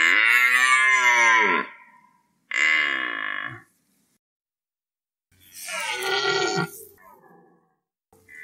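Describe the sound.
Red deer roaring three times: a long steady bellow, a shorter one, then a rougher, breaking roar, with pauses between them.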